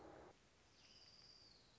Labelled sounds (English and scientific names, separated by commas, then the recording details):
Orange-crowned Warbler (Leiothlypis celata)
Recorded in Sonoma County, California